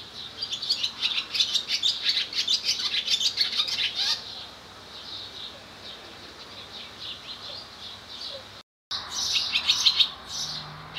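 Swallow calls: rapid high chirps and twitters in a busy stream for four seconds, a quieter gap, then another chattering burst near the end.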